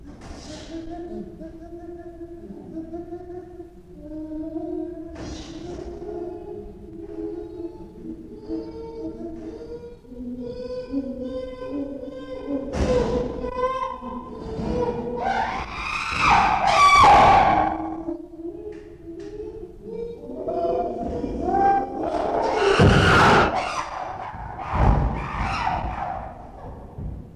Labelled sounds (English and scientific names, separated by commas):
Chimpanzee (Pan troglodytes)